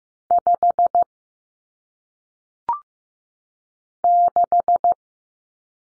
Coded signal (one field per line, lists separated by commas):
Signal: Morse code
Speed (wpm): 15 wpm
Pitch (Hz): 700 Hz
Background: none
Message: 5 6